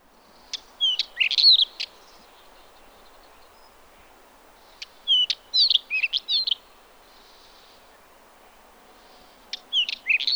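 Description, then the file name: Black wheatear song, brief chattering phrases of twangy whistles and hard ticks, delivered in bursts roughly every four seconds with silence between. "Oenanthe leucura"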